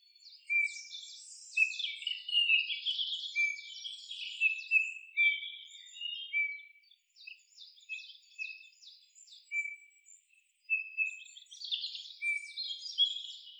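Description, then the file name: Eurasian bullfinch calls: soft, flat, piping whistles at a steady pitch, repeated irregularly, mixed with higher scratchy twittering notes throughout. "Pyrrhula pyrrhula"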